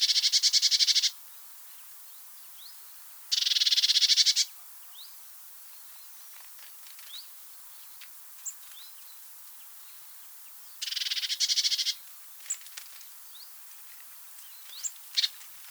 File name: Cyanistes caeruleus